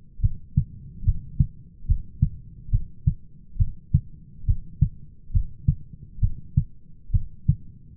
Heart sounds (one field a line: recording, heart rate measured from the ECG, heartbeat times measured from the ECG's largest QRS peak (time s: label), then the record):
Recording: heart sounds by stethoscope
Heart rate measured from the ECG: 70 bpm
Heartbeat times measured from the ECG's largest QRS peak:
0.23 s: heartbeat
1.06 s: heartbeat
1.89 s: heartbeat
2.72 s: heartbeat
3.59 s: heartbeat
4.48 s: heartbeat
5.34 s: heartbeat
6.22 s: heartbeat
7.13 s: heartbeat
From the record:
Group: heart failure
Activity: rest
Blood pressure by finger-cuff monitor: 125/91 mmHg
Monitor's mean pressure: 103 mmHg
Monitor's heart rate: 71 bpm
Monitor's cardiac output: 6.2 L/min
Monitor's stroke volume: 87 mL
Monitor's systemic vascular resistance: 1240 dyn s/cm5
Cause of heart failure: idiopathic cardiomyopathy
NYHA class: 1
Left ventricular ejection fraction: 50%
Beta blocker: bisoprolol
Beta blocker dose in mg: 5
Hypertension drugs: candesartan, spironolactone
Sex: male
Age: 54 years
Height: 180 cm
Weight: 94.6 kg